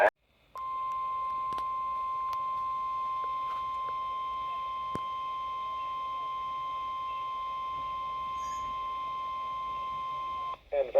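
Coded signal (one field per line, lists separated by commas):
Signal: Emergency Alert System (SAME) tones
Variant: 1050 Hz attention tone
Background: speech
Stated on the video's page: Compilation of real alerts: required monthly and weekly tests, watches and warnings, and network notification messages, including the 1050 Hz attention tone.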